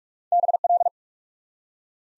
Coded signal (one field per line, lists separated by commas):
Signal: Morse code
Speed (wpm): 44 wpm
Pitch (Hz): 700 Hz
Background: none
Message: BL